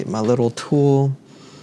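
Someone talks while preparing to use a small tool to push a replacement Hall effect right joystick part sideways into place in a ROG Ally handheld gaming PC. Only speech is heard, followed by quiet room tone, and nothing has seated or clicked yet.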